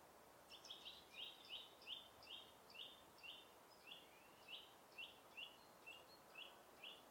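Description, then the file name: Eurasian nuthatch calling with short, sharp, high notes repeated quickly at an uneven pace, many in a row, over a steady background hiss. "Sitta europaea"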